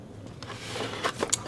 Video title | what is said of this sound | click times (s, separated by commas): How to REPLACE META QUEST 2 VR Head Strap - SUPAVR 8000mAh Battery Pack Head Strap | there's a piece on top of this you just pop it out | 1.3 s